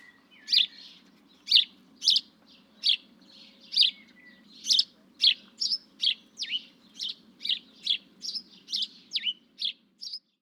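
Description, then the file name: House sparrow giving a long series of sharp chirps, spaced irregularly at first and then coming faster toward the end, over a faint low rumble. "Passer domesticus"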